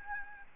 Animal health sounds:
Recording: mosquito wingbeat signal from an infrared sensor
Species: Aedes albopictus

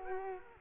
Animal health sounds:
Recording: mosquito wingbeat signal from an infrared sensor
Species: Culex quinquefasciatus

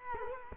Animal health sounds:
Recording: mosquito wingbeat signal from an infrared sensor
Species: Culex quinquefasciatus

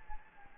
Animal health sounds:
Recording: mosquito wingbeat signal from an infrared sensor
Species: Anopheles gambiae

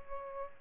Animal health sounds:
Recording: mosquito wingbeat signal from an infrared sensor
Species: Aedes albopictus

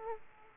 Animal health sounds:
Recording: mosquito wingbeat signal from an infrared sensor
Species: Aedes aegypti

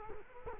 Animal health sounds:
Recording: mosquito wingbeat signal from an infrared sensor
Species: Culex quinquefasciatus

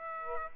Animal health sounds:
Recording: mosquito wingbeat signal from an infrared sensor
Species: Aedes aegypti

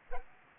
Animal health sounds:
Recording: mosquito wingbeat signal from an infrared sensor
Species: Culex pipiens

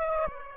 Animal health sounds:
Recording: mosquito wingbeat signal from an infrared sensor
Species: Aedes aegypti

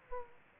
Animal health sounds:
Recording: mosquito wingbeat signal from an infrared sensor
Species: Aedes aegypti

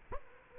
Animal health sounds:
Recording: mosquito wingbeat signal from an infrared sensor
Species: Culex quinquefasciatus

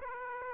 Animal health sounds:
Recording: mosquito wingbeat signal from an infrared sensor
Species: Aedes aegypti

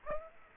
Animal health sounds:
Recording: mosquito wingbeat signal from an infrared sensor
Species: Aedes aegypti

